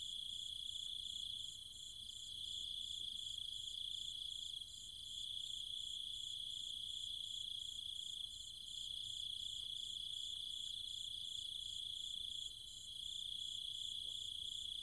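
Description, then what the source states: Cicada chorus holding one unbroken shrill hum, topped by an evenly beating higher pulse train, with slight dips in loudness now and then. Cicadas with other insects, calling at night in trees and fields in countryside around Chiang Mai, Thailand.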